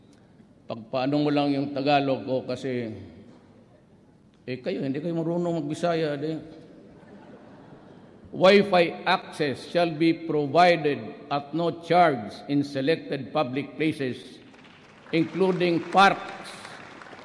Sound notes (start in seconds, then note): 6.7 laughter; 14.4 applause